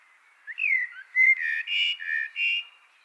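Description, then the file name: Common blackbird song: a fluty, warbling phrase of several rich whistled notes rising and falling, with thin high overtones. "Turdus merula"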